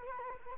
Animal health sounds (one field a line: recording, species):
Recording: mosquito wingbeat signal from an infrared sensor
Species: Culex quinquefasciatus